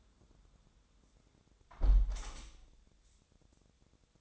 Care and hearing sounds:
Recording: daily activity, microphone in the room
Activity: close window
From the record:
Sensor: 3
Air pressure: 1000.4 hPa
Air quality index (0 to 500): 163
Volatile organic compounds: 3 ppm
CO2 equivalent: 1412 ppm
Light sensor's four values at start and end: 13/35/14/16 and 13/34/13/15

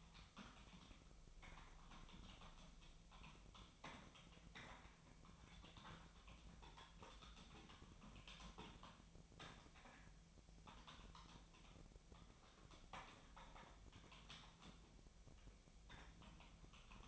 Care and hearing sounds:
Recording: daily activity, microphone in the room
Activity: typing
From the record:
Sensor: 1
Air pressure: 1009.5 hPa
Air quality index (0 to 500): 195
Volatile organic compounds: 19 ppm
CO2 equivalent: 2668 ppm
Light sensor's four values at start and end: 30/77/32/38 and 30/77/32/38

